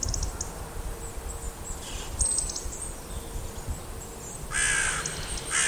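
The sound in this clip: Bird giving one loud, rasping caw near the end, with a second starting as it cuts off, above rumbling low noise and faint high ticks.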